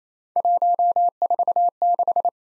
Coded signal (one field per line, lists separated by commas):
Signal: Morse code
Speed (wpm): 32 wpm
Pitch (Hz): 700 Hz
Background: none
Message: 146